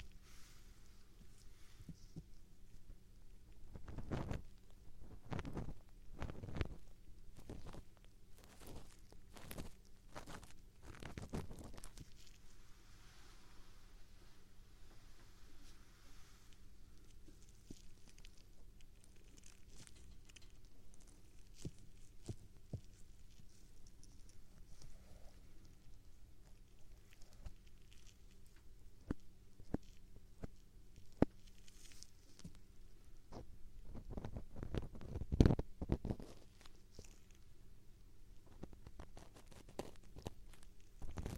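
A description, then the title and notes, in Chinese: Ear-cleaning sounds with a feather wand and an ear pick. Soft scratching and brushing come in bursts, busiest around 4–12 seconds and again near 34–36 seconds, over a steady low hum with quieter rustling between. 纯耳骚—右耳版（鹅毛棒，挖耳勺）。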